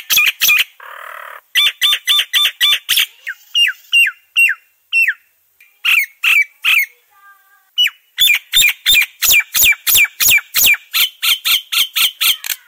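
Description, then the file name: Nias hill myna uttering rapid series of loud, clear whistled notes, several per second, with short pauses and a few lower rasping sounds between bursts. Full fill-in song, used for training other songbirds. "Suara Burung Jalak nias full isian"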